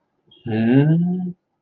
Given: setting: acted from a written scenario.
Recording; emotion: vocal sound without words; confusion